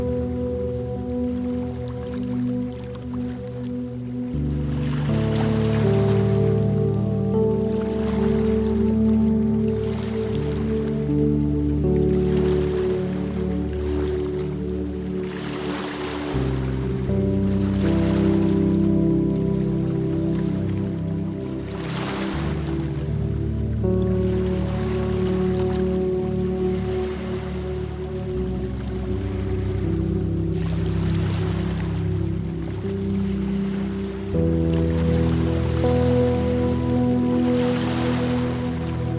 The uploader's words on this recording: A Magical Sunset By The Ocean With Soothing Ocean Sounds, Waves & Relaxing Music. Beach Soundscape.